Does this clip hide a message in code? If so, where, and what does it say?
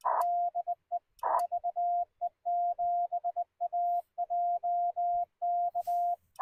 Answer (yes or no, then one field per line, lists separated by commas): yes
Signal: Morse code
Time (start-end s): 0.2-6.1 s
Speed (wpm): 19 wpm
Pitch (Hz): 700 Hz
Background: none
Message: DE VE7AJK